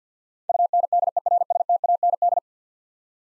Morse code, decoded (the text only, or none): UNDERSTAND